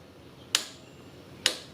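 A click-type torque wrench set to 75 tightens the camshaft VVT sprocket bolt on a Mazda 2.3 engine (CX-7, Mazdaspeed 3, Mazdaspeed 6) while a second wrench holds the camshaft. Two sharp, bright clicks ring out at 0.6 s and 1.5 s over a quiet background. The wrench reaches its setting, confirming that the bolt is torqued.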